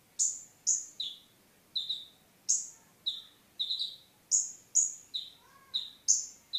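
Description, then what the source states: Sunbird song of sharp, clear notes switching between a high and a lower pitch, roughly two a second, with a brief softer call underneath near the end. Mountain sunbird, champion songbird.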